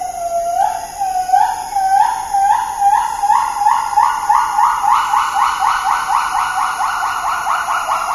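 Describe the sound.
Agile gibbon call: loud rising whooping notes that start slow, then quicken into a steady run of swooping upward hoots, about three each second, with a faint steady high tone behind.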